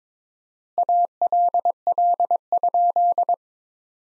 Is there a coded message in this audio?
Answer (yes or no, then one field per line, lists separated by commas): yes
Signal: Morse code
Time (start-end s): 0.8-3.3 s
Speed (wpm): 22 wpm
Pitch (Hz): 700 Hz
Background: none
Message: ALL?